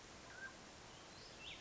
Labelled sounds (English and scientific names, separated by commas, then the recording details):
Mountain Quail (Oreortyx pictus)
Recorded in Sonoma County, California